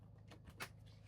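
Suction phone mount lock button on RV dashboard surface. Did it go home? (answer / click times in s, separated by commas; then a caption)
yes / 0.3 s. A phone mount's suction cup is placed on a curved RV dashboard surface and its lock button is pressed firmly, giving a short click at 0.3 s over a low steady hum. The mount is locked in place.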